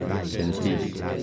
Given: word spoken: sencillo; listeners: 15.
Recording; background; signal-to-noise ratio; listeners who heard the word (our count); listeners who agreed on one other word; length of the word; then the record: one Spanish word in noise, from a listening test; eight-talker babble; -0.2 dB; 0 of 15; 11 of 15; 0.83 s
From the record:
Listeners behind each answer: 11, 1, 1, 1, 1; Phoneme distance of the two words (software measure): 31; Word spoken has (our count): 3 syllables, 7 phonemes, stress on syllable 2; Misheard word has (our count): 2 syllables, 6 phonemes, stress on syllable 2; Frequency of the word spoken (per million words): 30.49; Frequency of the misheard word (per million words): 56.25